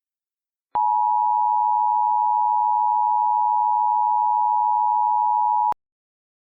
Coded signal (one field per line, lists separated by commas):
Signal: Emergency Alert System (SAME) tones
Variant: 853 and 960 Hz attention tone